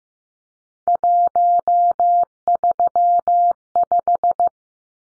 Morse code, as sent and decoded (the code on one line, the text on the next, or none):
.---- ...-- .....
135